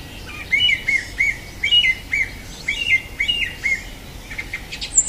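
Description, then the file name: Song thrush song: clear whistled phrases repeated in short bursts, with a few high scratchy notes at the end. "Golosa ptic - Pevchij drozd"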